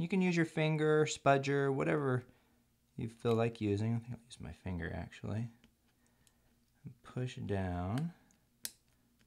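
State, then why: Seated. Someone talks while the plastic scissor bracket of the right arrow key on a 13" MacBook Pro Unibody Core 2 Duo 2.26 GHz is pressed down with a finger onto the laptop keyboard retainer. A sharp snap at 8.7 s marks the bracket snapping into place, seated.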